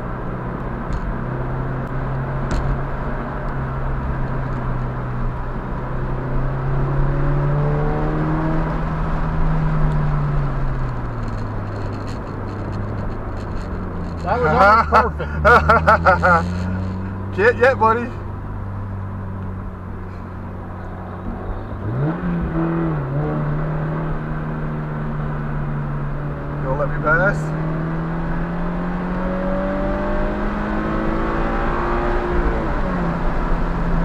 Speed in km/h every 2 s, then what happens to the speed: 71, 71, 68, 84, 82, 56, 45, 47, 55, 50, 48, 56, 55, 64, 76, 89, 93.
4-6 speeds up to 84. 6-12 brakes to 45. 13-15 speeds up to 55. 15-20 steady at about 50. 20-34 speeds up to 93.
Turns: 0-4, 9-14, 18-25.